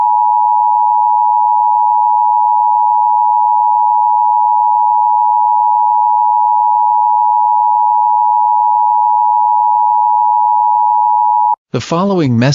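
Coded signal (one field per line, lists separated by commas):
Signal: Emergency Alert System (SAME) tones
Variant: 853 and 960 Hz attention tone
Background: speech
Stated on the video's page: Fictional EAS scenario about a suicide ghost.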